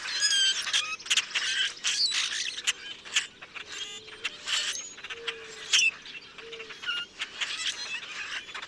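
Common grackle song: squeaky rasping phrases and sharp clicks in irregular bursts, with a few brief low whistles in the second half.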